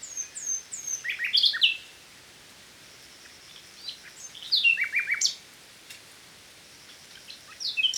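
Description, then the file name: Common nightingale song: phrases of sharp whistles and chirps in short bursts separated by quiet gaps. "Luscinia megarhynchos"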